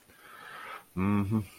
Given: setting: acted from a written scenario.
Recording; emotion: vocal sound without words; disappointment